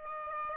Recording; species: mosquito wingbeat signal from an infrared sensor; Aedes aegypti